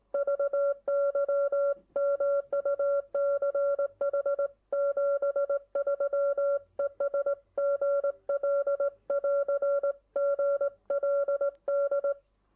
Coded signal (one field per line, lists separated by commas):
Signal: Morse code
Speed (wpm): 19 wpm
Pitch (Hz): 560 Hz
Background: none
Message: VY MUCH 73 ES GL <AR> GLD